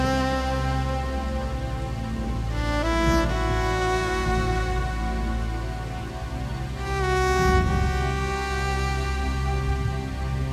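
Ambient music with a long electric violin tone held over a deep, steady drone and layered sustained notes. Around three and seven seconds the chords shift, with a brief hiss and stir. A soft, constant wash runs underneath throughout.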